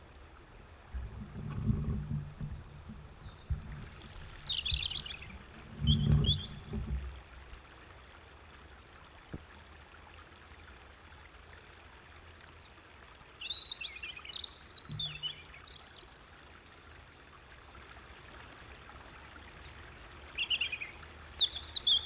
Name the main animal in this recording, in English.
European Robin